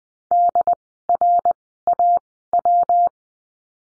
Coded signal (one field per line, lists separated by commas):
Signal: Morse code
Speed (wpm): 20 wpm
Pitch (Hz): 700 Hz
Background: none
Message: DRAW